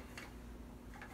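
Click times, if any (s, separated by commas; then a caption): none. A part, either the guard or the side handle, is fitted by hand onto a new Milwaukee 18V cordless angle grinder, where it is meant to lock in place with a spring. Only light handling noises are heard over a steady low hum, with brief taps near 0.2 s, 0.9 s and 1.0 s and a little more rattle at the very end. Nothing has seated or clicked yet.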